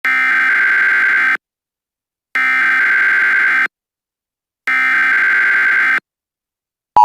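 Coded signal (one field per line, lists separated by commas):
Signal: Emergency Alert System (SAME) tones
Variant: header bursts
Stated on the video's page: Fictional EAS scenario about a black hole, with valid tones.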